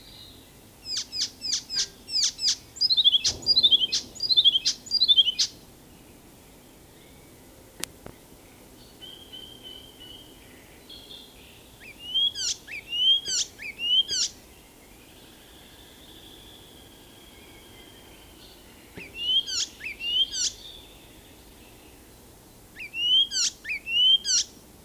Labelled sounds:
Icterine Warbler song

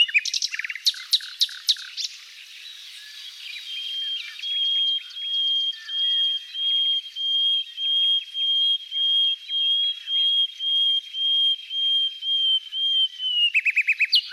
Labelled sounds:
Common Nightingale song

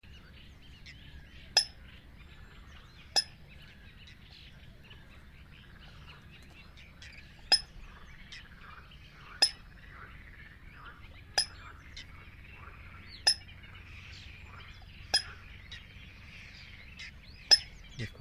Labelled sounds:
White-winged Tern flight call

